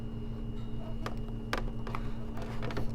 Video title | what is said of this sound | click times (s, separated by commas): How to Install Plastic Panel Clips for Aftermarket Ford Pick Up Door Panels | Oh, you might have heard that click even. | 1.5 s